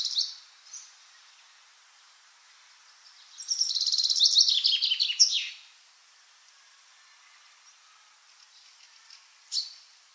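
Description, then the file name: Common chaffinch song: a single descending trill of about two seconds, closing in a sharp flourish, with short chirps before and after. "Fringilla coelebs"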